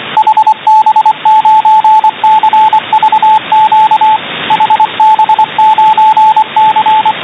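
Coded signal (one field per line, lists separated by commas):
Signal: Morse code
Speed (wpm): 24 wpm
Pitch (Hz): 870 Hz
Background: radio noise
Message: HB9CVQ HB9C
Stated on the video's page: Morse code received on an SDR at 28.028 MHz USB.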